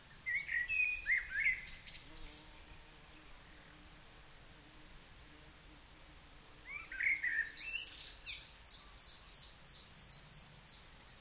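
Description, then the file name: Common blackbird singing two phrases about six seconds apart, each a mellow warble, the second ending in a rapid run of high, thin squeaky notes. "Turdus merula"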